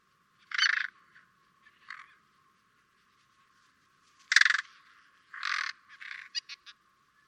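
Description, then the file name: Carrion crow calling with rough, grating caws of uneven length, a couple of short ones, then a loud burst followed by clipped, stuttering notes. "Corvus corone"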